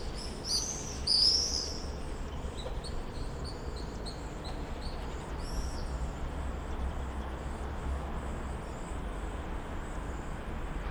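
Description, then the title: Common swift screams: a loud shrill burst at the start, then fainter, thinner screeches trailing off, with a constant low rumble beneath. Summer evening in a backyard in Bytom, Poland; many swifts circling; recorded with Zoom F4 and AT BP4025 microphone. "Zygmunta Starego 3, Bytom, Poland - Backyard swifts"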